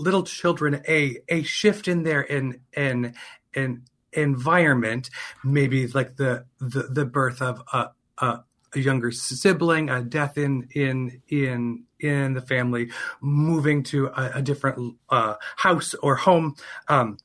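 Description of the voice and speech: Adult male speaker who has stuttered since about age three, persisting into adulthood. His speech has repeated words such as "in" and "the", prolonged sounds and frequent pauses. He stutters openly, without hiding it.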